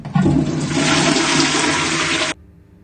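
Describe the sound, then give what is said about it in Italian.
A toilet flushes in one loud, rushing gush of water that starts with a low gurgle, roars steadily for about two seconds, then cuts off abruptly into a faint trickle. “Un pochino di cumino e poi una gran tirata di sciacquone sono i due ingredienti segreti per questa incredibile ricetta, un tocca sana.”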